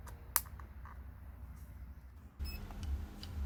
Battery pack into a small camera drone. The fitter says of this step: battery slides from the bottom and clicks in place